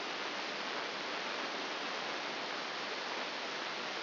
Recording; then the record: brain microelectrode recording played as sound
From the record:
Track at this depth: outside the subthalamic nucleus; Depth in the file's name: 5.701 mm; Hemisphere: left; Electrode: 2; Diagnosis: Parkinson's disease